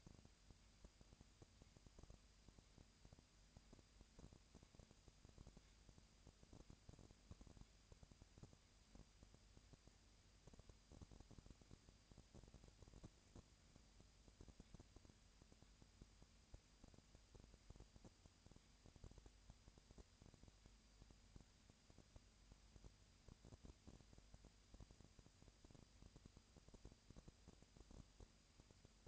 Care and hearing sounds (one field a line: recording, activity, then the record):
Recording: daily activity, microphone in the room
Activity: no activity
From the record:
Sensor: 2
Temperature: 20.3 degrees Celsius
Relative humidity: 37.0%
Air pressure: 998.6 hPa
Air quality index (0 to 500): 236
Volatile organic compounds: 38 ppm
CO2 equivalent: 3117 ppm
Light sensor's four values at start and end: 2/3/2/2 and 2/3/2/2